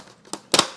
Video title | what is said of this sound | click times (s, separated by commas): AeroScout S 2 1.1m RTF with SAFE HBZ38000 Assembly (The Best First RC Airplane For Beginners ) | going to take and they should just slide and clip in from what the instructions are saying | 0.5 s